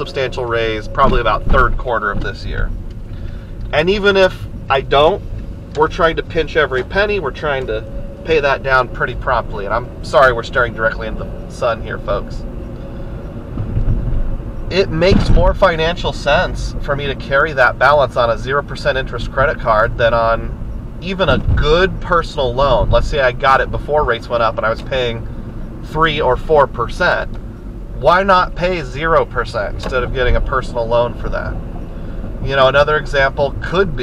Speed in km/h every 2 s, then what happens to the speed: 21, 21, 24, 31, 37, 44, 48, 52, 53, 50, 48, 48, 48, 42, 37, 44, 50.
0-13 speeds up to 52. 13-25 steady at about 48. 25-27 brakes to 37. 29-34 speeds up to 50.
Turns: 0-6.